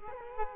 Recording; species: mosquito wingbeat signal from an infrared sensor; Culex quinquefasciatus